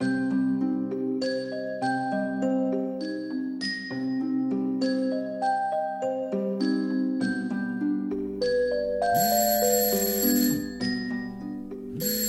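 An alarm ringtone from a phone at the bedside plays a bright, repeating melody of bell-like tones in a steady rhythm, layered and sustained, growing busier and higher toward the end, with no voices.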